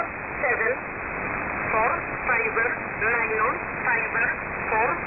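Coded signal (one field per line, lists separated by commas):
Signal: numbers station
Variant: E11 Oblique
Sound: a voice reading short evenly spaced words through hissing shortwave noise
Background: radio static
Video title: E11 "Oblique" Number Station 4505 kHz USB 15:33UTC 30-OCT-2022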